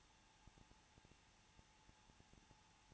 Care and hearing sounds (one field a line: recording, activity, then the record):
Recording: daily activity, microphone in the room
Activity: no activity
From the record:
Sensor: 1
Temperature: 20.2 degrees Celsius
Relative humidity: 35.7%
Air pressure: 994.5 hPa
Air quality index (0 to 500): 182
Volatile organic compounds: 7 ppm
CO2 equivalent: 1999 ppm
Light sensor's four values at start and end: 1/2/1/1 and 1/2/1/1